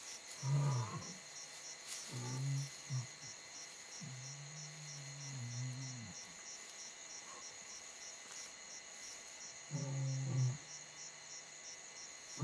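Lion giving low moaning roars and grunts, some short and one drawn out for about two seconds, over a constant high, rhythmic insect-like chirring.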